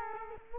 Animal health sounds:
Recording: mosquito wingbeat signal from an infrared sensor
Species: Culex quinquefasciatus

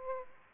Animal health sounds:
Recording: mosquito wingbeat signal from an infrared sensor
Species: Aedes aegypti

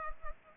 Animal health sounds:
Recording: mosquito wingbeat signal from an infrared sensor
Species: Culex pipiens

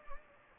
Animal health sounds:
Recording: mosquito wingbeat signal from an infrared sensor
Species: Anopheles gambiae

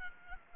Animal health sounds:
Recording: mosquito wingbeat signal from an infrared sensor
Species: Aedes albopictus

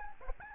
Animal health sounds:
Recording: mosquito wingbeat signal from an infrared sensor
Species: Aedes albopictus

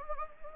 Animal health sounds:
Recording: mosquito wingbeat signal from an infrared sensor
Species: Anopheles gambiae

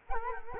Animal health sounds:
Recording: mosquito wingbeat signal from an infrared sensor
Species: Culex quinquefasciatus

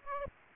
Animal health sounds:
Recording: mosquito wingbeat signal from an infrared sensor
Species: Aedes aegypti

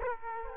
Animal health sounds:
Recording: mosquito wingbeat signal from an infrared sensor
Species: Culex quinquefasciatus

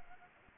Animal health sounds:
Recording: mosquito wingbeat signal from an infrared sensor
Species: Anopheles gambiae

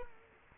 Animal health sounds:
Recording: mosquito wingbeat signal from an infrared sensor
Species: Culex quinquefasciatus

